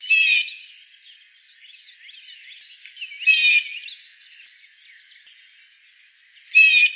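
Blue jay harsh jeering calls, three loud raspy bursts roughly three seconds apart.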